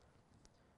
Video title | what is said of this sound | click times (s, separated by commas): Press to Impress - Art Board - 12pm Show | back in place clicks back in | 0.4 s